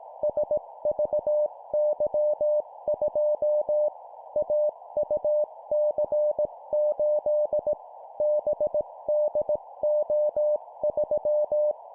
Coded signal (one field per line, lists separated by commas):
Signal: Morse code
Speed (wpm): 18 wpm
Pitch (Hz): 600 Hz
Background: none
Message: SVY2 AUC8 BDO3